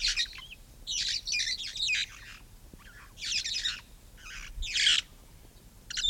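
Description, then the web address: Red-fronted parrot harsh, raspy screeches in short bursts, several clustered in the first two seconds, then further loud squawks at intervals. "parrots poicephalus-gulielmi"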